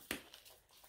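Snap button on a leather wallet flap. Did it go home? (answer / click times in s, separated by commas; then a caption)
yes / 0.1 s. The metal snap button on the flap of a quilted leather Saint Laurent YSL Becky wallet-on-chain is pressed shut, giving a sharp snap at 0.1 s, followed by a fainter tap at 0.3 s. The snap seats and the flap closes.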